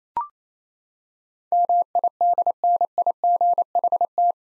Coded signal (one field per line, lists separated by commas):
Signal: Morse code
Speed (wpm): 28 wpm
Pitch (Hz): 700 Hz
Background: none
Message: MIDNIGHT